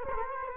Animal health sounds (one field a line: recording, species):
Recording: mosquito wingbeat signal from an infrared sensor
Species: Culex quinquefasciatus